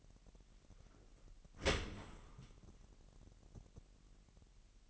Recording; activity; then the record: daily activity, microphone in the room; open dishwasher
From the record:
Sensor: 4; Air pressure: 1001.5 hPa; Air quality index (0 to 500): 248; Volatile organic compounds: 41 ppm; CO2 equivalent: 3169 ppm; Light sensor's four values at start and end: 8/18/7/6 and 8/18/7/6